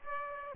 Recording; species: mosquito wingbeat signal from an infrared sensor; Aedes aegypti